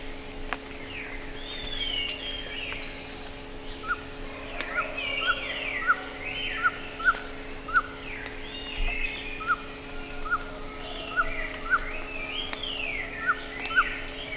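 Bird calls: a string of quick, sharp chirps at irregular intervals threaded through a busy chorus of swooping, warbled phrases, over a low steady hum.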